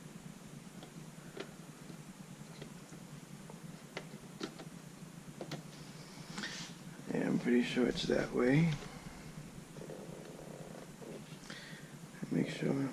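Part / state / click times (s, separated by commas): memory module into motherboard slot / not seated / none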